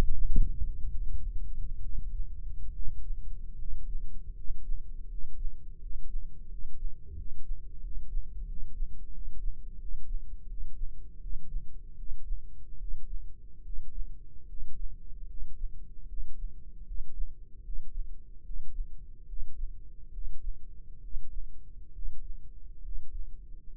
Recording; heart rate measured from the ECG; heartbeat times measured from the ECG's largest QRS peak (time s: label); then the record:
heart sounds by microphone in the right ear; 76 bpm
0.88 s: heartbeat
1.80 s: heartbeat
2.71 s: heartbeat
3.56 s: heartbeat
4.33 s: heartbeat
5.07 s: heartbeat
5.78 s: heartbeat
6.47 s: heartbeat
7.14 s: heartbeat
7.79 s: heartbeat
8.45 s: heartbeat
9.10 s: heartbeat
9.77 s: heartbeat
10.46 s: heartbeat
11.19 s: heartbeat
11.95 s: heartbeat
12.77 s: heartbeat
13.62 s: heartbeat
14.46 s: heartbeat
15.26 s: heartbeat
16.06 s: heartbeat
16.83 s: heartbeat
17.61 s: heartbeat
18.42 s: heartbeat
19.25 s: heartbeat
20.10 s: heartbeat
21.00 s: heartbeat
21.91 s: heartbeat
22.81 s: heartbeat
23.69 s: heartbeat
From the record:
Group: healthy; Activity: breath hold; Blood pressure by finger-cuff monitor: 120/76 mmHg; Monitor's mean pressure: 89 mmHg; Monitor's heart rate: 75 bpm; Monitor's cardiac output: 7.6 L/min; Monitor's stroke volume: 97 mL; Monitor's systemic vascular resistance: 880 dyn s/cm5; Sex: male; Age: 24 years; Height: 184 cm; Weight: 89 kg